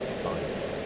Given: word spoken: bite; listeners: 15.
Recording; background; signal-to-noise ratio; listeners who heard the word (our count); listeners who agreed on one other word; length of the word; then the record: one English word in noise, from a listening test; speech-shaped noise; -6.5 dB; 0 of 15; 7 of 15; 0.46 s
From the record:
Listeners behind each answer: 7, 4, 1, 1, 1, 1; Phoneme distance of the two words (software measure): 10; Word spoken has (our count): 1 syllable, 3 phonemes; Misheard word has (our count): 1 syllable, 3 phonemes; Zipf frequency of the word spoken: 4.45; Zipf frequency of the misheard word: 5.04